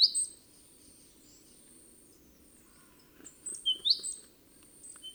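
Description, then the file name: Great tit calls: high sharp rising notes at the start and again near four seconds, with faint thin high tones and low steady background noise between. "Parus major"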